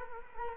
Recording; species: mosquito wingbeat signal from an infrared sensor; Culex quinquefasciatus